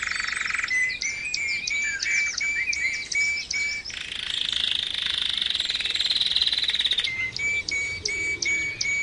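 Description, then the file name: Canary song: bright trilled phrases and steady whistled notes, switching into a long buzzy rattle midway before returning to repeated whistles. Canary song recording used for training other birds, called terapi. "kenari terapi omkicau"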